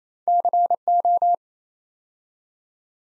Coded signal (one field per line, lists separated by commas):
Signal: Morse code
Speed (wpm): 27 wpm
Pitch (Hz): 700 Hz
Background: none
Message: CO